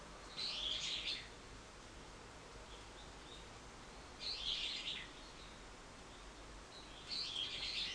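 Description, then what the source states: Bird calling in three short bursts of high chirps, a few seconds apart, with quiet hiss between them. Recorded 24 March 2023.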